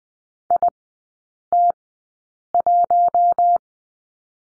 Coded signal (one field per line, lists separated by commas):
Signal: Morse code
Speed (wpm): 20 wpm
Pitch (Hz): 700 Hz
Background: none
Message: IT1